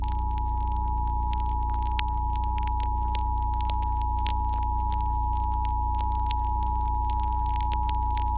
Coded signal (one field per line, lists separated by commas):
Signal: Emergency Alert System (SAME) tones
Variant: 853 and 960 Hz attention tone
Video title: EAS Scenario: “Midnight Rabies” (Original)